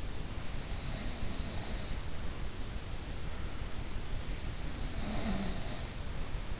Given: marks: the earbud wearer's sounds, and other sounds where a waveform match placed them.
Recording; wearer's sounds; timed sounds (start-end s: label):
sounds in sleep by an in-ear microphone; snoring breath
0.43-2.47 s: snoring breath
4.46-6.60 s: snoring breath